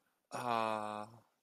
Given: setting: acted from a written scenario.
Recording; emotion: vocal sound without words; contentment